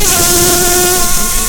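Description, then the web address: Red-tailed bumblebee buzz, a steady droning hum with a clear low tone and stacked overtones, holding even pitch over a constant background hiss. Queen. "Lapidarius queens"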